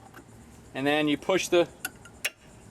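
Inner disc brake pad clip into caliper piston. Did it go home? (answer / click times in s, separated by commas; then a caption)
yes / 2.2 s. Someone talks while the inner disc brake pad of a 1995 Buick LeSabre is pushed by hand so its metal spring clip goes into the caliper piston. A sharp click is heard at 2.3 seconds as the clip snaps into place and the pad seats.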